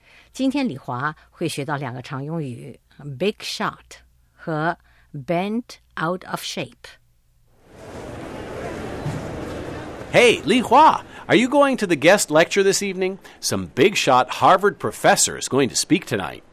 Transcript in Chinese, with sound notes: 今天李华会学到两个常用语：big shot 和 bent out of shape.
(Ambience sound in the Hallway) Hey Li Hua! Are you going to the guest lecture this evening? Some big shot Harvard professor is going to speak tonight.